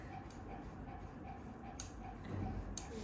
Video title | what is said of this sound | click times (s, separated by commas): PEMASANGAN KB IUD | Kamu dengarkan nanti ada berapa kali bunyi klik ya. Saya mulai. | 0.3 s, 1.8 s, 2.8 s